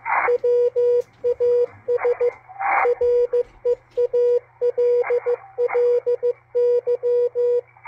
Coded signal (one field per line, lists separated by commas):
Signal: Morse code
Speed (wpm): 15 wpm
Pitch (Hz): 480 Hz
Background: radio noise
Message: WAS REALLY